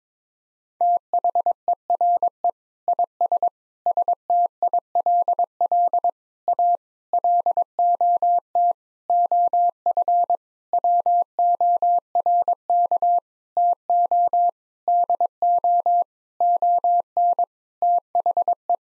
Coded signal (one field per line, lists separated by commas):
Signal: Morse code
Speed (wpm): 22 wpm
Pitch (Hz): 700 Hz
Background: none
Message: THERE IS STILL A LOT OF WORK TO DO ON THE